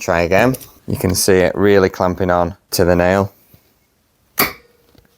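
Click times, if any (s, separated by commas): 4.4 s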